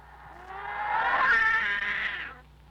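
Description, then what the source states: Cat gives a single drawn-out meow, thickened and blurred by effects, swelling for about two seconds before fading, with a low hum underneath. Meow processed with effects.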